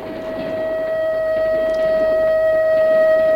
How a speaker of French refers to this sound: Alors, je n'avais plus d'autre ressource que cette bonne vieille sonnette d'alarme.